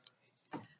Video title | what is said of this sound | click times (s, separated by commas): Apie's Best In Ear Headphones | it just snaps right in it's a nice secure fit | 0.1 s